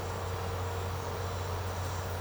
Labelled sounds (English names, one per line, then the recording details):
none
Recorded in secondary vegetation near Puerto Asís, Putumayo, Colombia, on 24 March 2025 at 09:30
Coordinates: 0.468, -76.324
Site G059